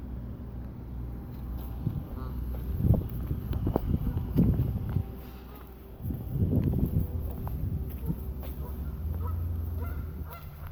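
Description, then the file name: Goose honks in scattered groups, with louder bursts around three, four and a half and six and a half seconds, against constant low wind noise. Geese recorded in wind. "windgeese"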